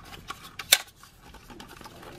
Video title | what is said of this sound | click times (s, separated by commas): SH Figuarts: Majin Buu (Boo) Figure Review | hear a click here yep | 0.7 s